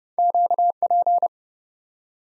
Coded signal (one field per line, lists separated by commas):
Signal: Morse code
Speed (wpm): 31 wpm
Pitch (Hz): 700 Hz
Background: none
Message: QP